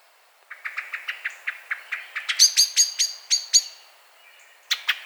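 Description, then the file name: Common blackbird giving a long series of hard chink notes that grow louder, then a brief pause before another sharp burst. "Turdus merula"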